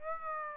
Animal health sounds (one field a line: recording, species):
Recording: mosquito wingbeat signal from an infrared sensor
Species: Aedes aegypti